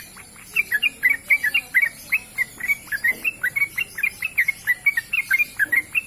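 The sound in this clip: Bird song of quick, sharp chirps around a high pitch, rising and falling slightly, repeated steadily about four to five times a second throughout, with a faint background hiss.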